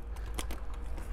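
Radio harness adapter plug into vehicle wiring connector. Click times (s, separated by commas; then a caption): 0.4 s. A keyed plastic harness-adapter plug, which fits only one way, is pushed into the factory radio wiring connector of a 2007–2014 GMC/Chevy truck. A short, sharp snap is heard at 0.4 s, followed by a softer tick at 0.5 s, and the connector is seated.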